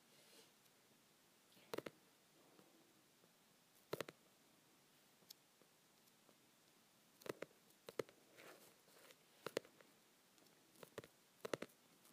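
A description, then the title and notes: Fingers tap on softcover books in short, dull knocks, sometimes single and sometimes in quick doubles or triples. The taps come irregularly, roughly every one to two seconds, with quiet gaps between them. A soft, steady hiss sits underneath throughout. Tapping my Softcover Books.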